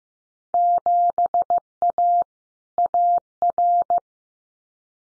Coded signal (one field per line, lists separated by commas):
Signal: Morse code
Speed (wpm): 15 wpm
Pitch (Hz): 700 Hz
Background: none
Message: 7A AR